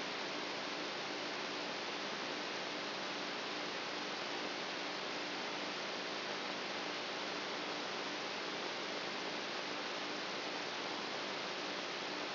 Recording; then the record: brain microelectrode recording played as sound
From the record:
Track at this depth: outside the subthalamic nucleus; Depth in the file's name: 7.9 mm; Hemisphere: right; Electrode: 2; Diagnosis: Parkinson's disease